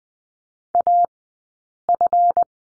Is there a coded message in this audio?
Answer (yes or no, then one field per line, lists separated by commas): yes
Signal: Morse code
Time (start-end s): 0.7-2.4 s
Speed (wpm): 20 wpm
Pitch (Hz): 700 Hz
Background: none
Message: AF